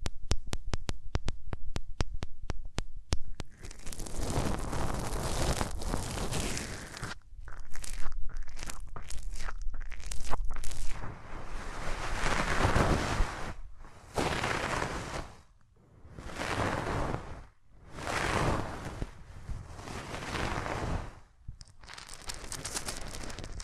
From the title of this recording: Rubbing Your Ears in My Hands Sensitive, Close Up Triggers